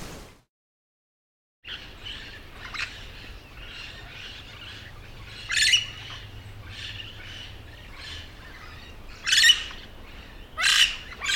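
Yellow-shouldered parrot calls, a busy mix of short harsh notes with three louder screeches standing out.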